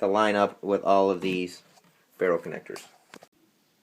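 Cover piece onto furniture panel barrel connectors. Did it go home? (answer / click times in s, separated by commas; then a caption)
yes / 3.1 s. A cover piece is pressed onto the barrel connectors of a furniture panel to hide the exposed wood edge. Someone talks for most of the clip, then a short, sharp snap at 3.1 s marks the cover going on easily and seating on the connectors.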